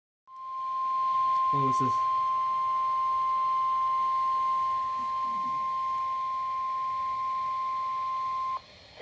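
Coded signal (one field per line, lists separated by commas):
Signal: Emergency Alert System (SAME) tones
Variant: 1050 Hz attention tone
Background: speech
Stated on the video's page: EAS alert tones recorded off a weather radio station.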